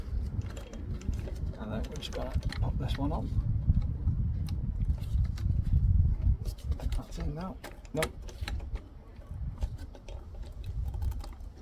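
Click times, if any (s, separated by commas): none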